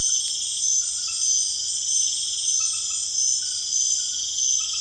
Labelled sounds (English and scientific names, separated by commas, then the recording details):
none
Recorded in secondary vegetation near Puerto Asís, Putumayo, Colombia, on 25 June 2025
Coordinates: 0.488, -76.319
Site G094